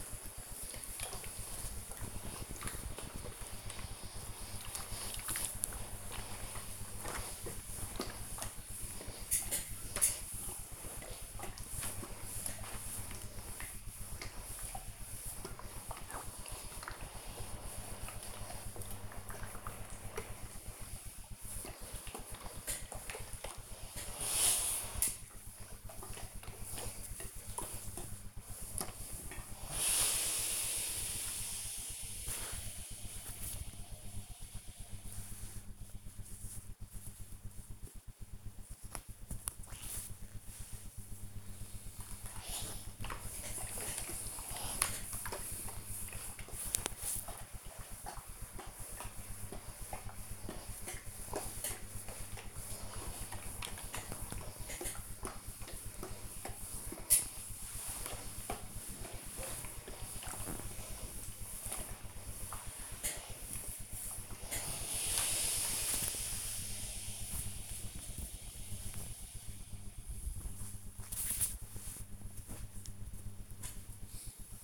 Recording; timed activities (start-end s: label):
household activities, microphone on the right wrist
0.00-74.64 s: ironing laundry